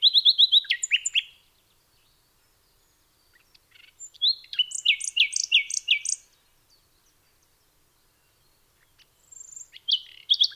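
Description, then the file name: Common nightingale singing in three separate bursts of fast repeated notes and trills, with pauses of a few seconds between them. "nachtegaal"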